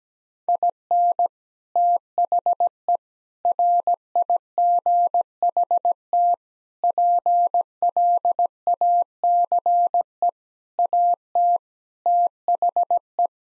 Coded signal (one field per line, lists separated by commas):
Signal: Morse code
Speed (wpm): 17 wpm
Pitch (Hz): 700 Hz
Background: none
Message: IN THE RIGHT PLACE AT THE